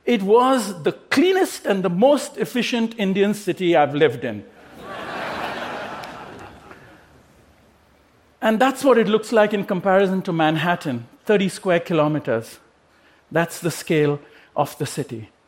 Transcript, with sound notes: it was the cleanest and the most efficient Indian city I've lived in. (Laughter) And that's what it looks like in comparison to Manhattan, 30 square kilometers, that's the scale of the city.